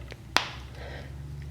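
A reversed plastic leg of a modular robot figure is pushed onto its tight plug joint, and a sharp, bright snap rings out at 0.4 s over a low steady hum, with faint soft ticks around 0.1 s and 1.4 s. The leg snaps into the joint and is seated.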